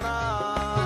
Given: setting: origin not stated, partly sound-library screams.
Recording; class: one-second piece from a danger detection set; normal situation